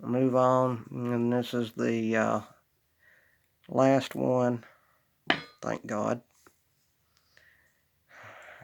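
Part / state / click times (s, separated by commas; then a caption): driver pin into the bible chamber of a lock cylinder / seated / 5.3 s. While pinning a practice deadbolt lock cylinder, the follower is pushed forward past the last driver pin and let off, and someone talks before and after. At 5.3 s a sharp click is heard as the last driver pin drops into the bible chamber of the cylinder, and it is seated.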